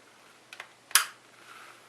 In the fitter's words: It's in, that's it, it's done, clicked into place.